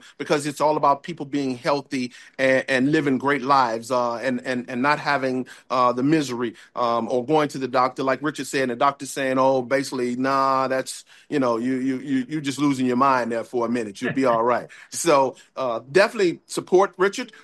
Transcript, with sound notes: because it's all about people being healthy and, and living great lives, uh, and, and, and not having, uh, the misery, um, or going to the doctor, like Richard saying, the doctor saying, "Oh, basically, nah, that's, you know, you, you, you, you're just losing your mind there for a minute."
(laughs)
"You'll be all right." So, uh, definitely support Richard.